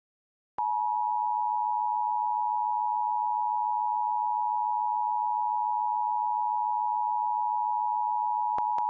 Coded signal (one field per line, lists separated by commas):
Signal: Emergency Alert System (SAME) tones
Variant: 853 and 960 Hz attention tone